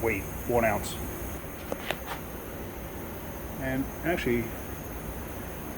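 Someone talks while a 1 oz clip-on balance weight for a Caravan wheel is tapped onto the steel rim flange at the 12 o'clock position, with two sharp taps at 1.7 s and 1.9 s. The weight ends up on but not fully seated, so it could fly off.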